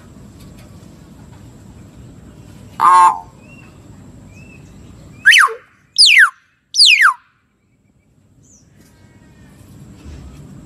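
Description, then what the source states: Lovebird calls: one harsh buzzy screech, then three rapid shrill downward-sweeping whistled shrieks under a second apart, followed by silence and low hum. Lovebird lure call used for trapping birds.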